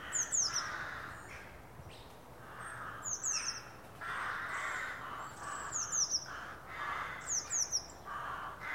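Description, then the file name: Eurasian blue tit uttering clusters of high, slurred, downward notes, several bursts spread throughout, over a fluctuating noisy background. "Cyanistes caeruleus"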